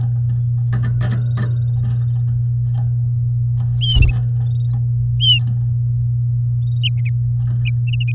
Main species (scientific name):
Serinus canaria